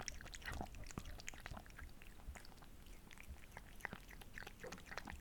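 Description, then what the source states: Cat lapping water with soft, rapid tongue clicks and small slurping sounds, steady and quiet throughout. Drinking water.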